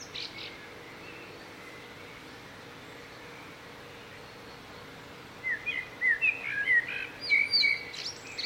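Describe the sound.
Bird song: quick run of thin chirps and twittering notes arriving in the second half after several seconds of steady background noise.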